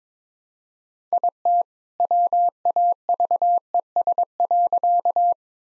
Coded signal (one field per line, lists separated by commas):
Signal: Morse code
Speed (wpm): 22 wpm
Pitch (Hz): 700 Hz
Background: none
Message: IT WAVES.